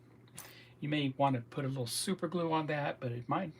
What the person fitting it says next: It snapped right in where it needs to be.